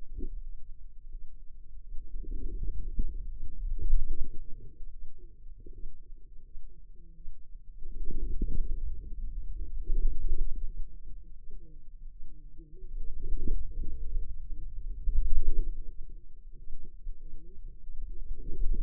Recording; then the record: forearm muscle sounds (acoustic myography)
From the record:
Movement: wrist extension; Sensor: system 2, bracelet of six BSWA MPA416 microphones around the upper forearm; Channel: 2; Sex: female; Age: 25 years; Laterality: right